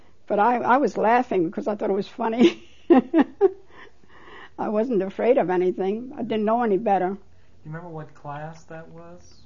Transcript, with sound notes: But I was laughing because I thought it was funny. (She laughs.) I wasn't afraid of anything. I didn't know any better.
Do you remember what class that was?